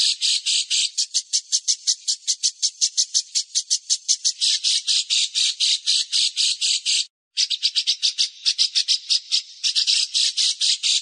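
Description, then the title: Bird giving harsh, rapid squawking notes in long rhythmic bursts, with a short break midway before the chattering resumes. "Masteran burung terlengkap"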